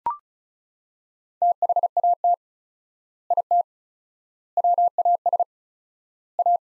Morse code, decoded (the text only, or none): THAT IT WAS A